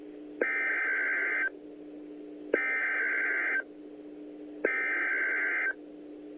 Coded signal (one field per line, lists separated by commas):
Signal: Emergency Alert System (SAME) tones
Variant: header bursts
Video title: An EAS timeline of the 5/19/13 Edmond, OK Tornado